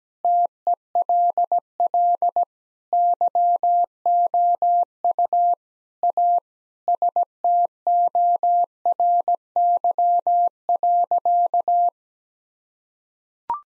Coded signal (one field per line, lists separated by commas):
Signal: Morse code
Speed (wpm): 17 wpm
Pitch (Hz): 700 Hz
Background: none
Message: TELL YOU A STORY.